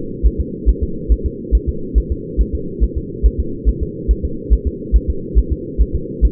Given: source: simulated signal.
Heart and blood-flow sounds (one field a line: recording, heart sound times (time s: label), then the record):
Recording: fetal heart sounds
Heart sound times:
0.27 s: S1
0.41 s: S2
0.69 s: S1
0.83 s: S2
1.12 s: S1
1.26 s: S2
1.55 s: S1
1.69 s: S2
1.98 s: S1
2.12 s: S2
2.41 s: S1
2.55 s: S2
2.84 s: S1
2.98 s: S2
3.26 s: S1
3.40 s: S2
3.69 s: S1
3.83 s: S2
4.11 s: S1
4.25 s: S2
4.53 s: S1
4.67 s: S2
4.96 s: S1
5.10 s: S2
5.39 s: S1
5.53 s: S2
5.81 s: S1
5.96 s: S2
6.25 s: S1
From the record:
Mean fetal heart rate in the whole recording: 140 bpm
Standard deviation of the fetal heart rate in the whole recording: 2 bpm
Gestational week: 34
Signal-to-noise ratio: -4.3 dB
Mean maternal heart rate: 72 bpm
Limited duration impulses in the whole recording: absent